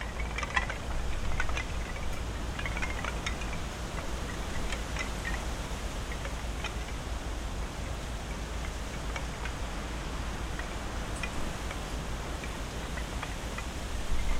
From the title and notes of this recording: Takano Shrine on a Windy December Day. At Takano Shrine in Ritto City, Shiga Prefecture, Japan, we can hear wind blowing through high trees in the sacred grove; noisy aircraft, traffic, and other human sounds; several species of birds; and the clatter of wooden prayer tablets that hang near the main sanctuary. Recorded with an Audio-Technica PB4025 stereo microphone and a Tascam DR-70D recorder.